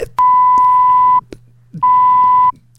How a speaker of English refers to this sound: That's a swearing beep. I wouldn't call that a swearing beep.